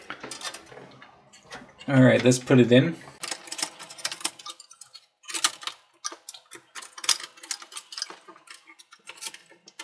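A low-profile GT 1030 graphics card is lined up and pushed toward the PCIe slot of a small ThinkCentre M93p desktop, with sharp plastic and metal handling clicks and rattles throughout. Someone talks briefly near the 2 to 3 second mark. Nothing has seated or clicked yet.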